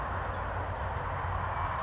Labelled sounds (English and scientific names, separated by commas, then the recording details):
California Towhee (Melozone crissalis)
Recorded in Sonoma County, California